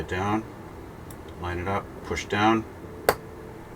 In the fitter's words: Zatrzaskuje się w ten sposób.